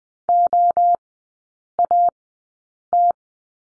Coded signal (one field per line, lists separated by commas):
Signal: Morse code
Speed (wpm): 20 wpm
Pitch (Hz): 700 Hz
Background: none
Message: OAT